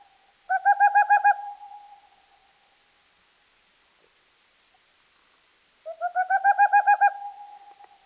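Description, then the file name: Boreal owl hooting in two rapid bursts of low, mellow notes, separated by a few seconds of quiet. "wlochatka"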